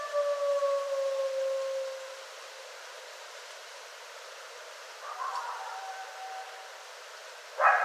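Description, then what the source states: Coyote howl: a steady, slightly falling tone for two seconds, then quiet, a brief faint wavering call midway, and a sharp burst of noise at the end. Several coyotes, recorded 24 January 2013.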